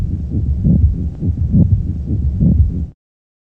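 Pericardial friction rub in a child's heart through a stethoscope: a grating, scratching, rasping noise like squeaky leather, with systolic and diastolic components that often obscure S1 and S2. Best heard between the apex and the sternum; it can indicate pericarditis, inflammation of the fibrous sac surrounding the heart.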